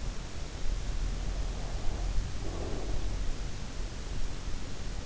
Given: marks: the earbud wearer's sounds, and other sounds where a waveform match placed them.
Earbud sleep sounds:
sounds in sleep by an in-ear microphone; breath
1.11-3.96 s: breath

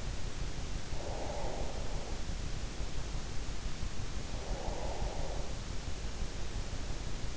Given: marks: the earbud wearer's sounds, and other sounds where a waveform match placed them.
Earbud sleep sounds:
sounds in sleep by an in-ear microphone; breath
0.76-2.37 s: breath
4.12-5.77 s: breath

